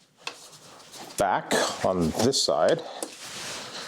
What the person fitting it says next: and the whole thing snaps into place. And it's literally that simple.